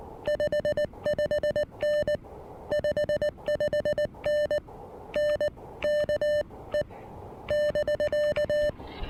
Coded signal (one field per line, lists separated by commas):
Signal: Morse code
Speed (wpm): 19 wpm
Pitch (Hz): 590 Hz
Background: music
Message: 55N 55N NK E <BK>